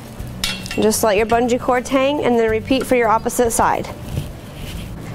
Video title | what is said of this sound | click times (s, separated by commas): Assembly Video Franklin Tournament Soccer Rebounder | then push down till you hear the pin click | 0.4 s